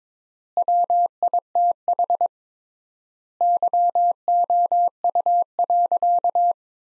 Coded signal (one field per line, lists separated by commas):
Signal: Morse code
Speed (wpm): 22 wpm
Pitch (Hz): 700 Hz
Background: none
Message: WITH YOU.